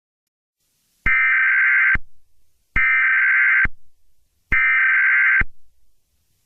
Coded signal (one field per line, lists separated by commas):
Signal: Emergency Alert System (SAME) tones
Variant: header bursts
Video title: [EAS] Chain Chomp Reaction